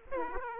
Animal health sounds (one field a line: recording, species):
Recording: mosquito wingbeat signal from an infrared sensor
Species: Aedes aegypti